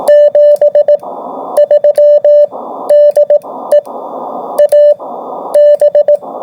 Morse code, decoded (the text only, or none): 73 DE AB